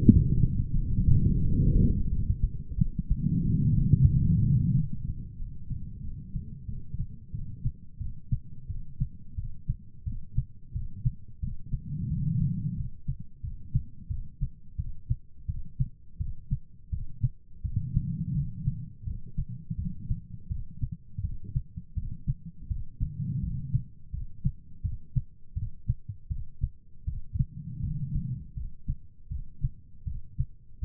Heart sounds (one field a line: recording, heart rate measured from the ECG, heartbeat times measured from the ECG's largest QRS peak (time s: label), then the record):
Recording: heart sounds by stethoscope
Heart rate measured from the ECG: 86 bpm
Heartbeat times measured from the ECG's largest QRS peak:
0.05 s: heartbeat
0.73 s: heartbeat
1.41 s: heartbeat
2.08 s: heartbeat
2.76 s: heartbeat
3.43 s: heartbeat
4.09 s: heartbeat
4.73 s: heartbeat
5.37 s: heartbeat
6.02 s: heartbeat
6.66 s: heartbeat
7.32 s: heartbeat
7.99 s: heartbeat
8.68 s: heartbeat
9.36 s: heartbeat
10.05 s: heartbeat
10.73 s: heartbeat
11.41 s: heartbeat
12.09 s: heartbeat
12.75 s: heartbeat
13.42 s: heartbeat
14.08 s: heartbeat
14.77 s: heartbeat
15.47 s: heartbeat
16.18 s: heartbeat
16.90 s: heartbeat
17.62 s: heartbeat
18.33 s: heartbeat
19.04 s: heartbeat
19.76 s: heartbeat
20.49 s: heartbeat
21.22 s: heartbeat
21.95 s: heartbeat
22.68 s: heartbeat
23.41 s: heartbeat
24.11 s: heartbeat
24.82 s: heartbeat
25.54 s: heartbeat
26.29 s: heartbeat
27.05 s: heartbeat
27.81 s: heartbeat
28.54 s: heartbeat
29.29 s: heartbeat
30.05 s: heartbeat
30.80 s: heartbeat
From the record:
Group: healthy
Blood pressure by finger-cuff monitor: 118/81 mmHg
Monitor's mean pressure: 96 mmHg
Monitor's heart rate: 85 bpm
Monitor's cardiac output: 5 L/min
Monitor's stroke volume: 60 mL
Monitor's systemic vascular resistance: 1410 dyn s/cm5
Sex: female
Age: 51 years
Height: 162 cm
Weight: 70.04 kg